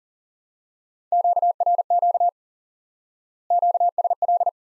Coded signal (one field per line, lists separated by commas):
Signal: Morse code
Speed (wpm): 40 wpm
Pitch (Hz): 700 Hz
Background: none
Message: QRQ QSL